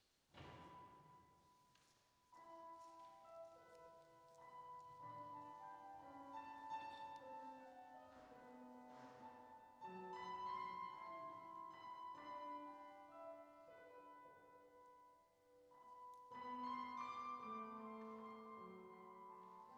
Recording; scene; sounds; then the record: everyday scene through a hearing-aid microphone; reverberant space; music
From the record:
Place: church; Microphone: in the ear canal, right